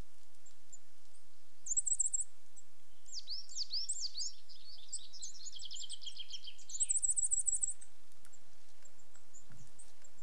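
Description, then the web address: Coal tits calling: high thin repeated notes, then a quick series of descending slurred notes, then more high rapid notes, over soft background hiss. Two pairs of coal tits displaying to each other on a territorial boundary; British birds. "Sound Effects Library (British Birds) Coal Tits - two pairs displaying to each other on territorial boundary"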